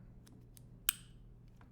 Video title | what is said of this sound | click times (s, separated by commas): How To Load Schick Repeating Injector Razors | here, click. That's good. That means it's clicked into place. | 0.9 s